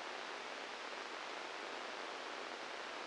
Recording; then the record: brain microelectrode recording played as sound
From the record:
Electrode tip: inside the subthalamic nucleus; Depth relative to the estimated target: 2 mm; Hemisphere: right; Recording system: NeuroSet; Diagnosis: Parkinson's disease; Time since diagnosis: 15 years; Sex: female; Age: 59 years